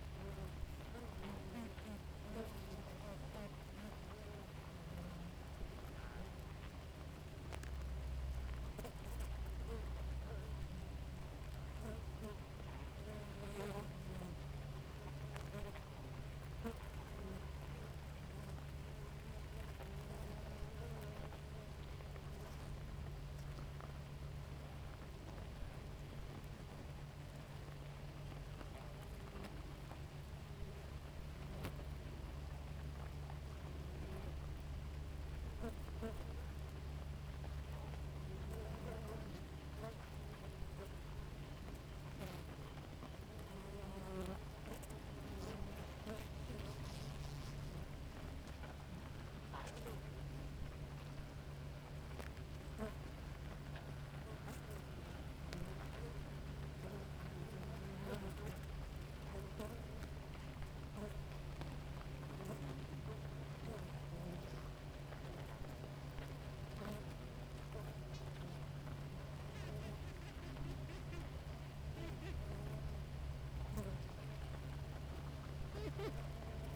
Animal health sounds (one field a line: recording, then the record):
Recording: honeybee colony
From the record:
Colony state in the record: active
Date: 28 July 2017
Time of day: 4:51